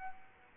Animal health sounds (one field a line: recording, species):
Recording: mosquito wingbeat signal from an infrared sensor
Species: Aedes aegypti